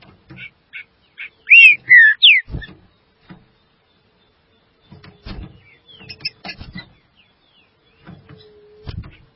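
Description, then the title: Green-winged saltator song: three loud whistled notes, sliding and arched, near the start, then scattered soft knocks and faint background whistles with a steady low tone. "Trinca Ferro"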